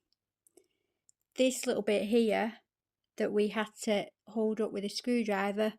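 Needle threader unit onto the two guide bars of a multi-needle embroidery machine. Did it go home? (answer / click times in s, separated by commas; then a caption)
yes / 0.5 s. A replacement needle threader unit is slid onto the two guide bars in the needle bar area of a PR670E multi-needle embroidery machine, and it clicks into place at 0.5 s among a few faint, sharp ticks. Someone then talks.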